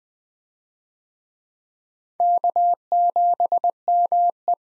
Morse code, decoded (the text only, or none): K7ME